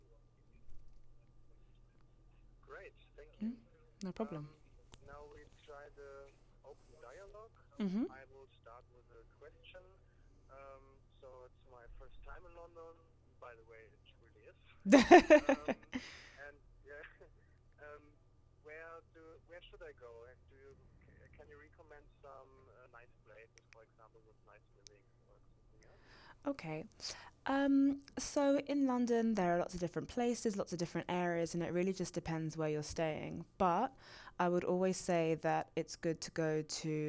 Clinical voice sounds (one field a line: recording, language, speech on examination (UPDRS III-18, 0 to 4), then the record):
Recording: conversation on a phone call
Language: English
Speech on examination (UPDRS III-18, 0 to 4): 0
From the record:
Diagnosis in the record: healthy control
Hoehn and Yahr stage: 0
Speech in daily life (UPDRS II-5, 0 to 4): 0